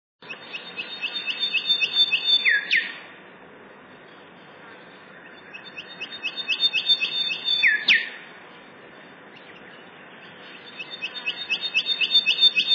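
Golden whistler song: a run of quick, even, high whistled notes swells in loudness and ends in a sharp, falling whip-crack note. The phrase repeats about five seconds apart, with a third run starting at the end.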